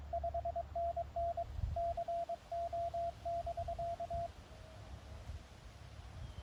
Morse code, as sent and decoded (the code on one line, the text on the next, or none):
..... -. -. / -.-. --- -...-.-
5NN CO<BK>